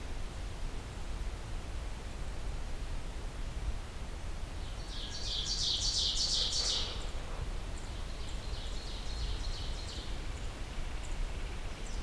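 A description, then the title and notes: Park ambience with a steady low rumble and hiss running the whole time. Around five to seven seconds a bird gives a quick, bright, chattering call, followed by fainter high chirps until about ten seconds. Henhoeffer Park East. I return to Henhoeffer Park, except this time taking the east trail, about 1km away from the previous recording location.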